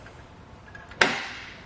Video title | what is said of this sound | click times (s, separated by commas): etrailer - Test Fit: Kuat Sherpa 2.0 Bike Rack for 2 Bikes on a 2021 Chevrolet Traverse | Snaps into place, nice and easy. | 1.0 s